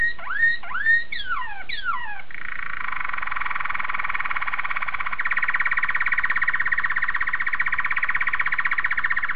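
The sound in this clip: Domestic canary song: a few looping downward-swooping whistles, then a long continuous rolling trill that swells slightly in loudness.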